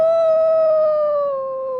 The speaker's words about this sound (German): Ich höre die Wölfe schon heulen.